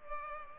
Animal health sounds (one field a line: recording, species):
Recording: mosquito wingbeat signal from an infrared sensor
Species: Culex pipiens